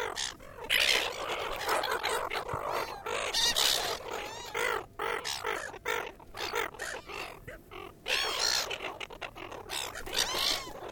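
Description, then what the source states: Gulls calling in a large flock, many harsh overlapping squeals and cries going on continuously, with brief dips between bursts. Large group of gulls feeding at Williamstown.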